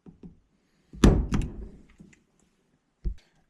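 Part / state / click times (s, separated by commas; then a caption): plastic wedge lock into multi-pin connector / seated / 1.0 s. A plastic wedge lock (terminal position lock) is pushed down into a multi-pin connector, possibly with a flat-blade screwdriver, to lock the pins in place during a Motion Raceworks Mono Cord Pro install on a Camaro steering wheel. After a couple of faint taps, a sharp snap at 1.0 s is followed by quieter clicks around 1.3 to 1.4 s, light ticks near 1.9 and 2.1 s, and a soft thump near 3.1 s. The wedge lock snaps down and seats at 1.0 s.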